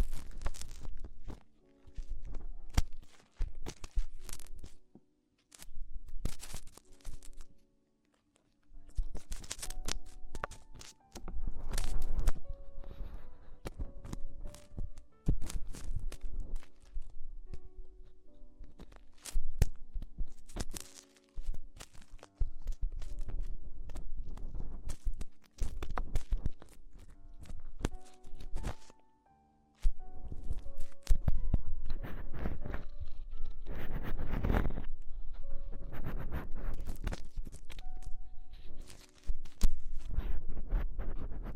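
Extremely tingly ear exploration: a busy run of crisp tapping, scratching and rustling, with quick clicks and short bright crackles packed closely together. Brief pitched squeaks or hums surface now and then, and the sounds pause into near silence around 8 and 29 seconds.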